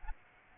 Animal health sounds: mosquito wingbeat signal from an infrared sensor; Aedes albopictus

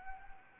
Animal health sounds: mosquito wingbeat signal from an infrared sensor; Anopheles arabiensis

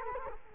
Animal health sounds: mosquito wingbeat signal from an infrared sensor; Culex quinquefasciatus

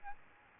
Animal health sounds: mosquito wingbeat signal from an infrared sensor; Aedes albopictus

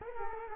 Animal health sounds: mosquito wingbeat signal from an infrared sensor; Culex quinquefasciatus

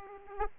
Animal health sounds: mosquito wingbeat signal from an infrared sensor; Aedes aegypti

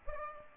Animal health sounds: mosquito wingbeat signal from an infrared sensor; Aedes aegypti

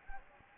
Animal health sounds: mosquito wingbeat signal from an infrared sensor; Anopheles gambiae

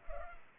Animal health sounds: mosquito wingbeat signal from an infrared sensor; Culex pipiens

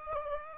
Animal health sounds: mosquito wingbeat signal from an infrared sensor; Aedes aegypti

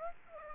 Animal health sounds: mosquito wingbeat signal from an infrared sensor; Aedes aegypti

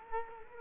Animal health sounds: mosquito wingbeat signal from an infrared sensor; Culex quinquefasciatus

